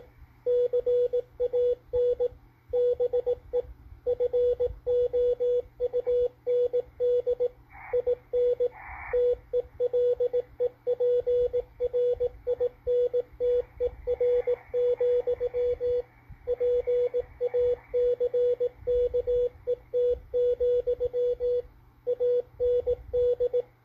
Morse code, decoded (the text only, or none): CAN BE FOUND IN TELEPRINTER, PACKET, AND